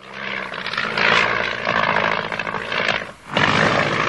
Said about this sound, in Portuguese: Ah, uma manada de elefantes.